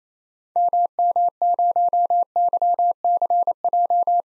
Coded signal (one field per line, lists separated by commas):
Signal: Morse code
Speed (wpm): 28 wpm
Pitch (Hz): 700 Hz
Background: none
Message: MM0YCJ